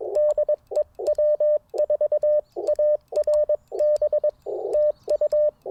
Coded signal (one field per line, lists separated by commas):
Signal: Morse code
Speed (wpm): 20 wpm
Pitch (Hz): 590 Hz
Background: none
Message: DE W4ARB TU